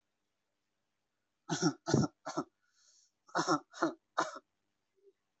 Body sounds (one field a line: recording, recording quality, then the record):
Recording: shallow voluntary cough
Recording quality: excellent, no background noise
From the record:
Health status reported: respiratory illness, not identified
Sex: male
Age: 29 years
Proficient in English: yes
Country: India